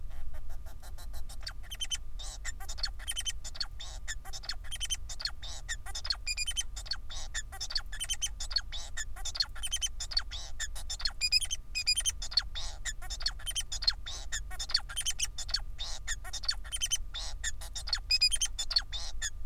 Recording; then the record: song of a male Bengalese finch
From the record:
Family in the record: son of father 4